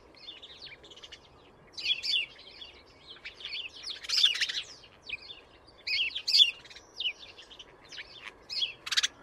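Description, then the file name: House sparrow chirping in irregular clusters of short, shrill notes, ending on a loud chirp, with steady background noise behind. "Passer domesticus"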